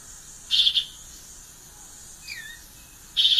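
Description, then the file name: Violaceous euphonia song: two short, bright chattering bursts a few seconds apart with a faint downslurred note between them, over a steady high hiss. "canto do guriata"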